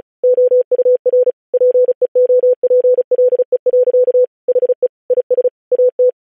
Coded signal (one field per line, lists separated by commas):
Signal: Morse code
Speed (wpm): 36 wpm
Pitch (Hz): 500 Hz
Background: none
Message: OUR PEOPLE. HE IS AT